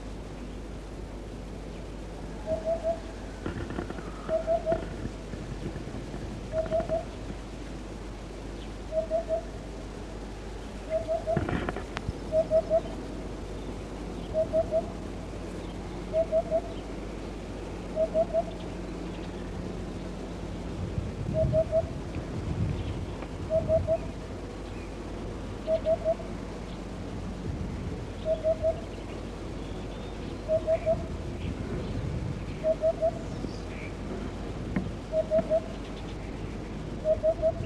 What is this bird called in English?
Eurasian Hoopoe